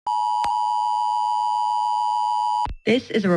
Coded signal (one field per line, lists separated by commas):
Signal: Emergency Alert System (SAME) tones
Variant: 853 and 960 Hz attention tone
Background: speech